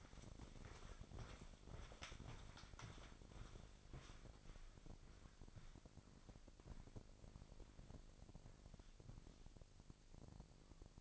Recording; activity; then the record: daily activity, microphone in the room; walk to room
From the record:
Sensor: 5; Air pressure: 999.6 hPa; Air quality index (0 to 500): 219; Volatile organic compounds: 20 ppm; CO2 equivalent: 2675 ppm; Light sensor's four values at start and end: 31/64/28/29 and 35/81/32/31